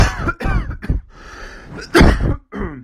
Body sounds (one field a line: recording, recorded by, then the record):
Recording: voluntary cough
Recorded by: messaging app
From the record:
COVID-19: negative